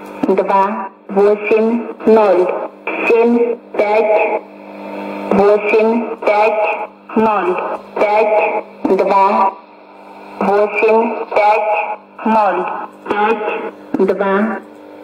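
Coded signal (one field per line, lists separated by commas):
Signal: numbers station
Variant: S06s, Russian female voice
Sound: female voice reading short words at an even pace over radio hiss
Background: radio static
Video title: 14 11 2019 S06s Russian Lady numbers station in Russian to Eu 0944 on 9540 unknown tx site USB+AM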